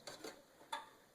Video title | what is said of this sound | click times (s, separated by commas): Mounting SSD and HDD | just uh go ahead and slide it right in there push it down till it clicks | 0.7 s